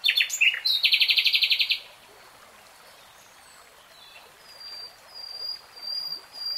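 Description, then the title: Nightingale song: a loud burst of rapid, evenly repeated notes lasting under two seconds, then near silence broken by faint high thin whistles. Nightingale singing, in real time. "[Tiếng chim hót] 3 Hours REALTIME Nightingale Singing"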